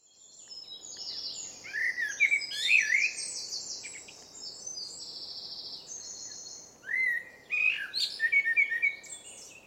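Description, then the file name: Eurasian blackbird giving two mellow warbling phrases with thin, squeaky high flourishes, with other high, buzzy chirping in between. "Turdus merula"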